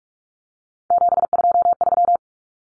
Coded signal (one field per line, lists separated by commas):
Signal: Morse code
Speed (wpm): 44 wpm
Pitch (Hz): 700 Hz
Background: none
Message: 723